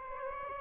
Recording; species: mosquito wingbeat signal from an infrared sensor; Aedes aegypti